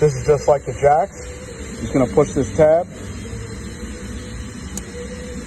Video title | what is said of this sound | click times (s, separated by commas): P0650 MIL circuit fault | out. You hear it click. And you see these two tabs raise on this side. | 4.8 s